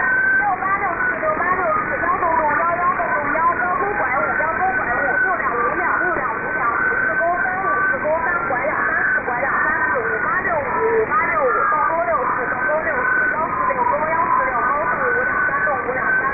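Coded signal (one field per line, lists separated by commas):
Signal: unidentified radio signal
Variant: VC03, Chinese Robot type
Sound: continuous robotic warbling of many sliding, overlapping tones over hiss, like garbled chatter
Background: radio static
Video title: Shortwave oddity, Chinese Robot cousin, Chinese VC03, 7548 kHz, USB mode, 28 May, 2023, 1306 UTC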